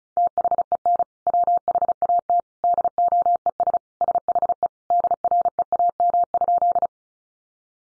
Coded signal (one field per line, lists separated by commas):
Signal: Morse code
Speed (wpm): 34 wpm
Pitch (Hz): 700 Hz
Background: none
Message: THEN WHAT DOES SHE DREAM?